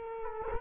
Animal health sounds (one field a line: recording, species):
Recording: mosquito wingbeat signal from an infrared sensor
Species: Culex quinquefasciatus